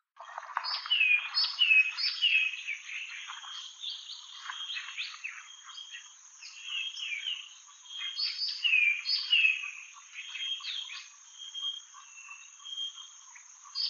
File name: Temnaya sinica Melaniparus funereus